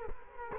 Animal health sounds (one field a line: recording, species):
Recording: mosquito wingbeat signal from an infrared sensor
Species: Culex quinquefasciatus